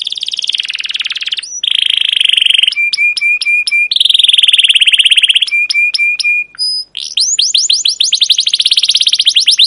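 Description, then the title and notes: Canary with buzzy sustained trills alternating with quick series of short flat whistles, ending in a rising run of crisp chirps. Long, rolling, emotive 'cuit cuit' chirping song, used as a lure and tutor for young canaries learning song. "CUIT CUIT NGEROL LANGSUNG GACOR PANJANG Kenari Ini Utk Pancingan KENAR. PANCINGAN Kenari GACOR PANJANG Cuit CUIT EMOSI ini utk MASTERAN Kenari PAUD belajar BUNYI. burung kenari"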